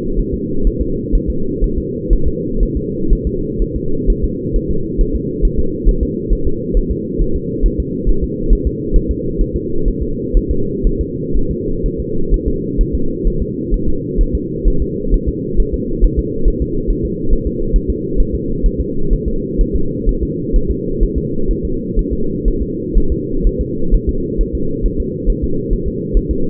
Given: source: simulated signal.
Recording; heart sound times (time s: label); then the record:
fetal heart sounds
0.20 s: S1
0.34 s: S2
0.67 s: S1
0.81 s: S2
1.15 s: S1
1.30 s: S2
1.64 s: S1
1.78 s: S2
2.13 s: S1
2.28 s: S2
2.63 s: S1
2.77 s: S2
3.13 s: S1
3.27 s: S2
3.62 s: S1
3.76 s: S2
4.10 s: S1
4.24 s: S2
4.56 s: S1
4.71 s: S2
5.01 s: S1
5.15 s: S2
5.45 s: S1
5.59 s: S2
5.89 s: S1
6.03 s: S2
6.33 s: S1
6.47 s: S2
6.77 s: S1
6.91 s: S2
7.22 s: S1
7.36 s: S2
7.66 s: S1
7.80 s: S2
8.09 s: S1
8.24 s: S2
8.53 s: S1
8.67 s: S2
8.96 s: S1
9.11 s: S2
9.41 s: S1
9.56 s: S2
9.88 s: S1
10.03 s: S2
10.37 s: S1
10.51 s: S2
10.87 s: S1
11.01 s: S2
11.37 s: S1
11.51 s: S2
11.86 s: S1
12.00 s: S2
12.34 s: S1
12.48 s: S2
12.81 s: S1
12.95 s: S2
13.28 s: S1
13.42 s: S2
13.74 s: S1
13.88 s: S2
14.21 s: S1
14.35 s: S2
14.68 s: S1
14.82 s: S2
15.14 s: S1
15.29 s: S2
15.60 s: S1
15.74 s: S2
16.05 s: S1
16.19 s: S2
16.48 s: S1
16.62 s: S2
16.91 s: S1
17.05 s: S2
17.33 s: S1
17.47 s: S2
17.76 s: S1
17.90 s: S2
18.20 s: S1
18.34 s: S2
18.66 s: S1
18.80 s: S2
19.13 s: S1
19.28 s: S2
19.61 s: S1
19.76 s: S2
20.09 s: S1
20.23 s: S2
20.56 s: S1
20.71 s: S2
21.03 s: S1
21.18 s: S2
21.51 s: S1
21.65 s: S2
21.99 s: S1
22.13 s: S2
22.48 s: S1
22.62 s: S2
22.98 s: S1
23.12 s: S2
23.47 s: S1
23.61 s: S2
23.94 s: S1
24.09 s: S2
24.41 s: S1
24.55 s: S2
24.86 s: S1
25.00 s: S2
25.30 s: S1
25.44 s: S2
25.73 s: S1
25.88 s: S2
26.17 s: S1
26.31 s: S2
From the record:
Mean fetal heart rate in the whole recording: 130 bpm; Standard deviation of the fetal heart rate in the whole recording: 4 bpm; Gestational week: 38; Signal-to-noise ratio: -8.1 dB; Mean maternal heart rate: 72 bpm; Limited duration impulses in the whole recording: absent